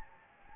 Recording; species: mosquito wingbeat signal from an infrared sensor; Anopheles gambiae